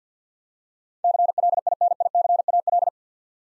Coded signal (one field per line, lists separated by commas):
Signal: Morse code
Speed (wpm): 50 wpm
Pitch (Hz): 700 Hz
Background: none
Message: CLINICAL